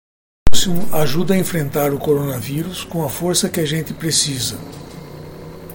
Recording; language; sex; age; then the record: spoken sentence; Brazilian Portuguese; male; 60 to 69 years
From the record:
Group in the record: control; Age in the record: 64 years